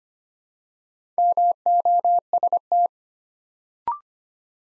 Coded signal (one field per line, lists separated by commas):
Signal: Morse code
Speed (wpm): 25 wpm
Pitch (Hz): 700 Hz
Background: none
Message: MOST